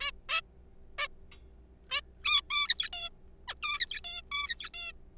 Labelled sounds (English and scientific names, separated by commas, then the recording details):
Zebra Finch (Taeniopygia guttata)
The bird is a juvenile
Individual R3428